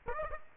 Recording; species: mosquito wingbeat signal from an infrared sensor; Aedes aegypti